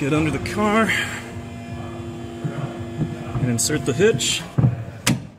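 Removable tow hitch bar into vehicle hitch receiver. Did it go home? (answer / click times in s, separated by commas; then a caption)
yes / 5.1 s. A removable metal tow hitch is pushed up into the hitch receiver from under a Model X while someone talks. A single sharp metallic clunk at 5.1 s marks the hitch locking into place.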